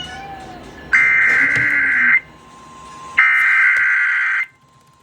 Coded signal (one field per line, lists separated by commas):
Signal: Emergency Alert System (SAME) tones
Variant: header bursts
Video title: US Emergency Alert Systems 2026 (part 8)